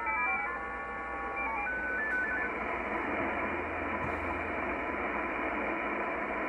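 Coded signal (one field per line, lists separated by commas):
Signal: multi-tone FSK (Olivia or MFSK type)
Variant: F07 16-tone MFSK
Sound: brief run of stepping single tones hopping between pitches, then steady shortwave hiss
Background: radio static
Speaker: so that very brief transmission you heard there is also part of the Russian number Station Network it's a station that's called f07 and it utilizes a different type of transmission digital transmission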